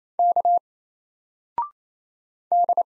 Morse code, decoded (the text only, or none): K D